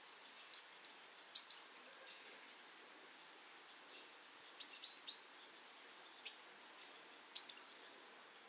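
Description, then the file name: Eurasian blue tit giving bursts of high thin notes, with quiet gaps and softer calls between them. "Cyanistes caeruleus"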